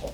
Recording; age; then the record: pig call; piglet (1 to 25 days)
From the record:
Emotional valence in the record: positive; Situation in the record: after nursing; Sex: male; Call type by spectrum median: low-frequency call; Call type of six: low-frequency stable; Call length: 0.15 s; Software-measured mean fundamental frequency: 49 Hz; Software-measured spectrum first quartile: 260 Hz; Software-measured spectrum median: 558 Hz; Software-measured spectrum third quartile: 1222 Hz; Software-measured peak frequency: 557 Hz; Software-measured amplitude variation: 150 dB a second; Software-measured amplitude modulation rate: 10.2 a second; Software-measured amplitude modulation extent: 14.7 dB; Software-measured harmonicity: 2.2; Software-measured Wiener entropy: -1.14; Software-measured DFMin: 890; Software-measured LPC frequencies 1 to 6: 571, 2807, 3507, 4089, 4966, 5672 Hz